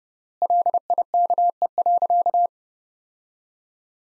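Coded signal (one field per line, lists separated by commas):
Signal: Morse code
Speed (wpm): 32 wpm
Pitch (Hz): 700 Hz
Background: none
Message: LIKE.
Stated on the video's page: Morse code practice at 30 wpm of sentences from the top 100 words, with 3x word spacing.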